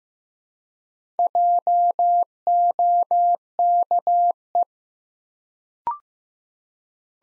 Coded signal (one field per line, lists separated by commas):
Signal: Morse code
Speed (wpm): 15 wpm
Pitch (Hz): 700 Hz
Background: none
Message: JOKE